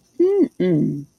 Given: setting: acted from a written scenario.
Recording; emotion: vocal sound without words; desire